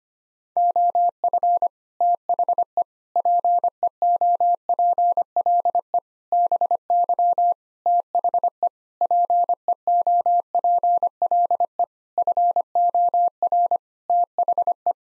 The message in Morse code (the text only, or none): OF THE PEOPLE BY THE PEOPLE FOR THE